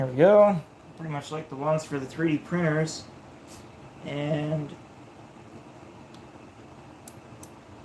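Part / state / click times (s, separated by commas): SD card into laser engraver controller card slot / seated / 7.1 s, 7.4 s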